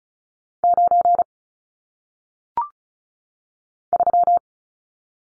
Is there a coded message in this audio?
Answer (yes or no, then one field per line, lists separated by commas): yes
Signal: Morse code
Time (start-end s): 0.6-4.4 s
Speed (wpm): 36 wpm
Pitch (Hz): 700 Hz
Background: none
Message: 9 3